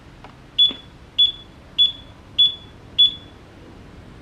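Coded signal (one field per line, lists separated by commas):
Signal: none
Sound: wheel power-on beeps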